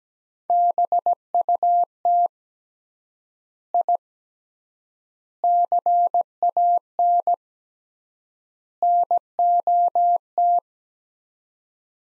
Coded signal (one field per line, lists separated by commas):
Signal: Morse code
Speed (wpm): 17 wpm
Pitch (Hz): 700 Hz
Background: none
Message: BUT I CAN NOT